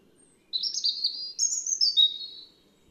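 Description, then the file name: European robin giving one short song phrase of thin, high whistled notes and fluid slurs, stepping down slightly at the end. "Erithacus rubecula"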